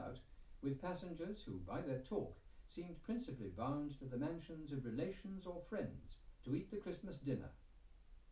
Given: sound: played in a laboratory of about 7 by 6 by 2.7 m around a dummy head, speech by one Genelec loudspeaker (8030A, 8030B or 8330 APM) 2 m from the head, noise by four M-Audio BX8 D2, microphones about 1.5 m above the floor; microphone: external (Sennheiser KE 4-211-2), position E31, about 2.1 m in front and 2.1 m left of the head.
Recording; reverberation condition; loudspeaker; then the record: male speech in English; low; 30 degrees to the right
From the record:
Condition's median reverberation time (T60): about 310 ms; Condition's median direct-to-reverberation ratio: about 3.5 dB